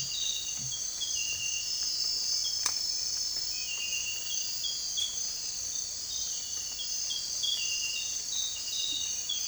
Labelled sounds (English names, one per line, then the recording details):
none
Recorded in dense forest near Puerto Asís, Putumayo, Colombia, on 21 December 2024 at 04:00
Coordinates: 0.467, -76.328
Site GP05